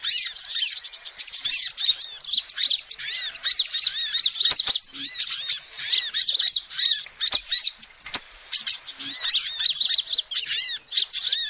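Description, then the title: Lovebird chatter, piercing high twittering and squeaky notes pouring out continuously, with a few short gaps and occasional soft clicks. Lovebird calls used as a lure to trap birds. "PIKAT BURUNG LOVEBIRD"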